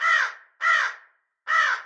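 Crow cawing, three harsh, hoarse caws, each about half a second long, the last one after a slightly longer pause.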